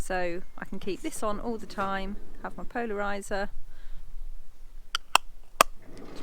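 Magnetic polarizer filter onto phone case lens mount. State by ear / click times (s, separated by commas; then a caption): seated / 5.6 s. Someone talks, then a magnetic polarizer filter is attached to the lens mount on a phone camera case, with a couple of sharp ticks at 5.0 and 5.2 seconds. It snaps into place with a sharp click at 5.6 seconds and is seated, holding firmly on the mount.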